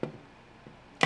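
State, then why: Not seated. A plastic humidifier water reservoir is hooked by its teeth into the side of a Resvent iBreeze CPAP machine and pushed to snap it in. A short plastic knock at 0.0 s is followed by a louder, sharper hit at 1.0 s, most likely the missed contact rather than a latch. The reservoir misses because its teeth are not in place, so nothing has seated or clicked yet.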